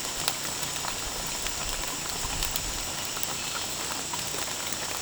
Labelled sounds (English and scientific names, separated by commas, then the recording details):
none
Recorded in pastures near Puerto Asís, Putumayo, Colombia, on 18 December 2024 at 00:30
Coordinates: 0.466, -76.322
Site G040